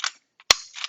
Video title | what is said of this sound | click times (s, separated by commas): 2015-2022 Ford Edge with Thule Evo Clamp + WingBar Evo Roof Rack Crossbars | the door frame bracket, and you could feel and hear a click when you insert that into the position properly. | 0.5 s